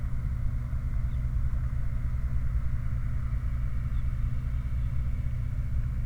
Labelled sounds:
vehicle
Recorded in the Prudhoe Bay oil fields, Alaska, on 29 July 2019 at 03:52
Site 29

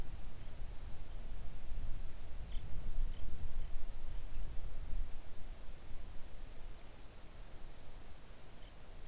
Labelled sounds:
songbird
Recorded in the Arctic National Wildlife Refuge, Alaska, on 3 August 2019 at 05:20
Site 41

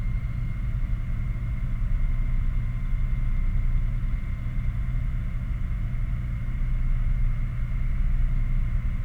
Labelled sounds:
machinery, flare stack
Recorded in the Prudhoe Bay oil fields, Alaska, on 11 August 2019 at 22:40
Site 29

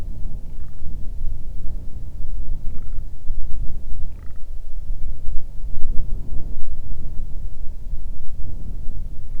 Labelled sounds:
grouse or ptarmigan, wind
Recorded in the Arctic National Wildlife Refuge, Alaska, on 8 June 2019 at 00:05
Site 40

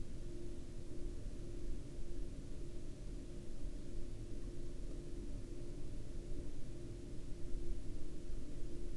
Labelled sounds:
man-made sound
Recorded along the Dalton Highway, Alaska, on 23 October 2019 at 04:00
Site 07

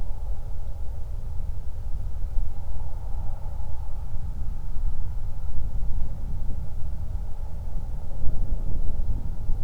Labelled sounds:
wind, man-made sound
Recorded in the Prudhoe Bay oil fields, Alaska, on 31 July 2019 at 08:25
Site 24

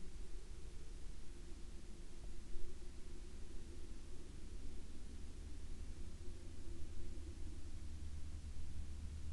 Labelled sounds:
aircraft
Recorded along the Dalton Highway, Alaska, on 6 May 2019 at 01:44
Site 10

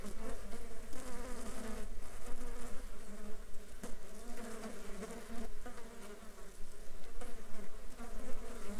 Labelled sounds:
insects
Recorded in the Arctic National Wildlife Refuge, Alaska, on 8 July 2019 at 13:44
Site 35

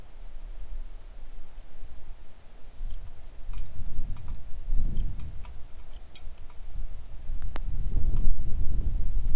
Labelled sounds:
songbird, wind, rain
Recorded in the Arctic National Wildlife Refuge, Alaska, on 3 August 2019 at 10:14
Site 41

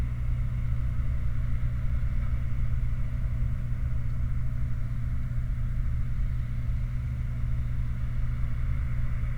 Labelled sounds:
machinery, flare stack
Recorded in the Prudhoe Bay oil fields, Alaska, on 29 July 2019 at 04:18
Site 29

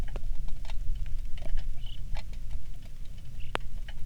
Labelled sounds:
songbird, rain
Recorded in the Prudhoe Bay oil fields, Alaska, on 27 July 2019 at 18:05
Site 19

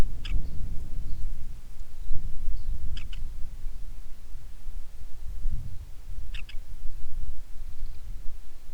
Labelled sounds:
bird, wind
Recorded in the Prudhoe Bay oil fields, Alaska, on 10 July 2019 at 09:37
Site 11

